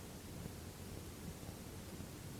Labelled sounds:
none
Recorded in France

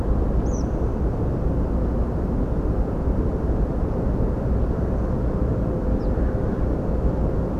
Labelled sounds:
Tree Pipit
Ortolan Bunting
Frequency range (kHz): Tree Pipit 3.8-7.3 kHz; Ortolan Bunting 3.4-5.9 kHz
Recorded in France

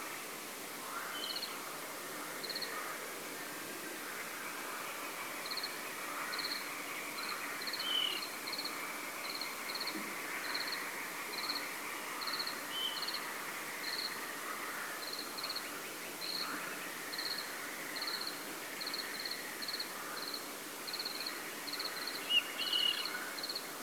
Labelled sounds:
frogs
Water Rail
crickets
Common Nightingale
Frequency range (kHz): Water Rail 2.5-3.6 kHz; Common Nightingale 1.9-3.1 kHz
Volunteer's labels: Autre biophonie grenouilles; Autre biophonie grillons; Luscinia megarhynchos megarhynchos; Autre biophonie grenouille
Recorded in France

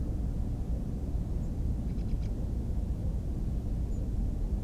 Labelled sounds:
European Robin
Ring Ouzel
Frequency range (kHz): European Robin 6.3-7.9 kHz
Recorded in France

